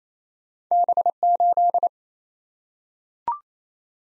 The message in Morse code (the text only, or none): B8